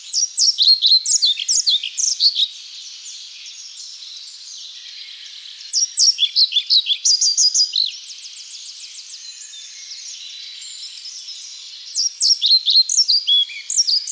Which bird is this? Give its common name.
European Pied Flycatcher